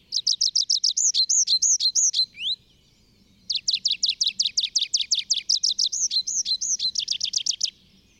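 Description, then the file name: Tree pipit song: two high phrases of fast repeated notes, each breaking into slurred, swooping notes; the second then returns to quick trilled notes. A short pause separates the phrases. Recorded in the Bavarian Forest, Germany, on 25 April 2015. "Baumpieper. Bayerischer Wald REG. Susanne Rieck"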